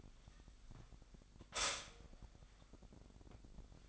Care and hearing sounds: daily activity, microphone in the room; stop toaster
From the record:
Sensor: 5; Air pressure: 1002.0 hPa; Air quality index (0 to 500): 204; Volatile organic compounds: 18 ppm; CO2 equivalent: 2630 ppm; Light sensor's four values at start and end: 34/109/42/44 and 34/109/42/44

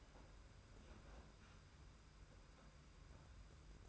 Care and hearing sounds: daily activity, microphone in the room; open fridge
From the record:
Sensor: 2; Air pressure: 991.7 hPa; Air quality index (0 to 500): 221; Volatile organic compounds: 1000 ppm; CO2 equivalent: 7372 ppm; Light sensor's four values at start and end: 26/82/32/30 and 26/82/32/30

